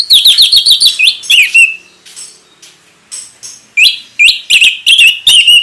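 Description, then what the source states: Orange-headed thrush song with rapid, evenly repeated high notes sliding downward, a brief pause, then another string of quick, descending whistled phrases. Indonesian name anis merah; bird singing vigorously (gacor) in the ngeplong song style.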